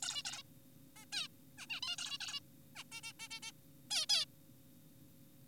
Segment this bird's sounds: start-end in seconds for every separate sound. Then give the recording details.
0.03-0.23, 0.25-0.43, 0.96-1.05, 1.12-1.28, 1.58-1.66, 1.70-1.80, 1.83-1.96, 1.98-2.17, 2.21-2.40, 2.76-2.83, 2.92-3.01, 3.04-3.13, 3.19-3.28, 3.31-3.40, 3.43-3.52, 3.91-4.06, 4.09-4.25. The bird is an adult. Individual g4p5U